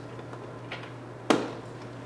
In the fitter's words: once they're in place you're going to hear a click and that means they're firmly in position